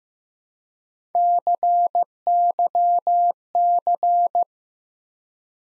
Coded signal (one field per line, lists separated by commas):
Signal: Morse code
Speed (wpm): 15 wpm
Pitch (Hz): 700 Hz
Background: none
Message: CYC